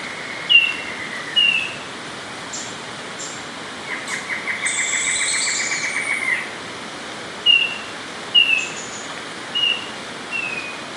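Squirrel monkeys squeaking: short, high, falling squeaks come about a second apart near the start and end, with a rapid chattering run in the middle and faint thin notes above.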